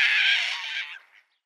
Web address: Schulze Peter White Stork nestlings